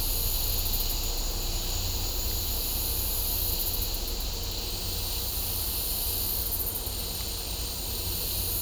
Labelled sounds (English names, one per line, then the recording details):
none
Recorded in dense forest near Puerto Asís, Putumayo, Colombia, on 18 December 2024 at 15:30
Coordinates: 0.503, -76.323
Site G043